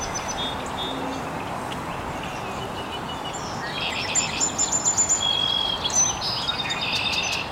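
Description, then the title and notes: Several birds chirping and trilling, short high notes at first, then a louder burst of rapid repeated chirps midway, over steady background hiss. Birds chirping very early in the morning in an estuary. "Birds Chirping in the Early Morning. Original sounds of birds chirping very early in the morning in an estuary"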